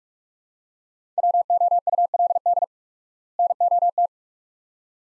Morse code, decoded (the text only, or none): WOULD NOT